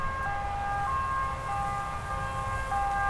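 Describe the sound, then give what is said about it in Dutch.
An emergency vehicle siren in Duivendrecht by Amsterdam, where sirens are heard day and night near the AMC and the city's biggest traffic artery, sounds steadily throughout, its two alternating high tones switching back and forth over a low, rumbling traffic background, with no one speaking. “Dit hoor je hier wel dag en nacht natuurlijk. Ja, ze hebben veel hulpdiensten.”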